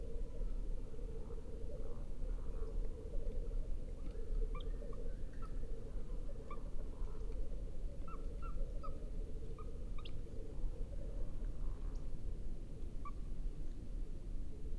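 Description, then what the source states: Tengmalm's owl feeding calls: scattered short squeaky notes, sometimes doubled, spread throughout, with a constant low hum underneath. Feeding calls given by a female.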